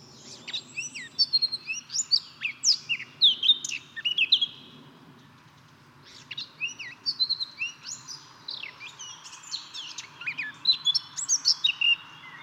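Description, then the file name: Eurasian blackcap song, two long phrases of varied chattering notes rising into bright fluty whistles, separated by a short pause. "Sylvia atricapilla"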